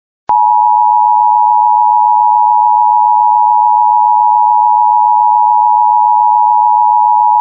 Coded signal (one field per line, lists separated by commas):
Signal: Emergency Alert System (SAME) tones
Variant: 853 and 960 Hz attention tone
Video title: Los Angeles AMBER ALERT for an endangered 3 year old (SUSPECT ARMED AND DANGEROUS) EAS #50